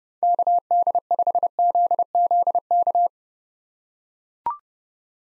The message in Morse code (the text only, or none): KD5ZZK